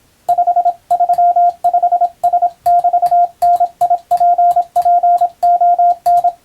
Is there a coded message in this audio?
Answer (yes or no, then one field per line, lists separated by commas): yes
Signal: Morse code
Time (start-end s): 0.3-6.3 s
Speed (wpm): 26 wpm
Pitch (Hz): 700 Hz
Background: radio noise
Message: 535S<BT>NIPPON